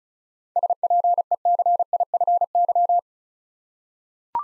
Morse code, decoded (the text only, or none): SPECIFY